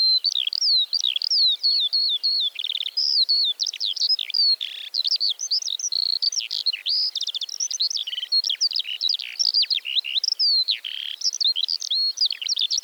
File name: Feldlerche- Alauda arvensis